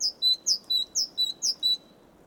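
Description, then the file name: Great tit song: four quick two-note phrases, a high whistle dropping to a lower one, rhythmic and bright over a faint low hiss. "Parus major"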